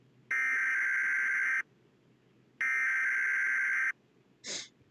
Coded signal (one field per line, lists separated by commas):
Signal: Emergency Alert System (SAME) tones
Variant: header bursts